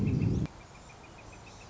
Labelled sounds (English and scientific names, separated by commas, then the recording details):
Northern Flicker (Colaptes auratus)
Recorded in Sonoma County, California